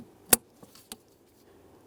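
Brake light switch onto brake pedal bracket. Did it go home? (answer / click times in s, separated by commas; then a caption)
yes / 0.3 s. A new plastic brake light switch is pressed onto its bracket against the brake pedal rod on a 1999-2006 Chevrolet Silverado 1500, then pulled down so its locking clip snaps into the fully locked position with a sharp click at 0.3 s. Two fainter ticks follow near 0.8 s and 0.9 s before quiet, and the switch is seated.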